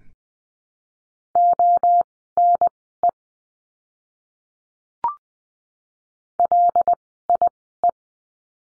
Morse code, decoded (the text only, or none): ONE LIE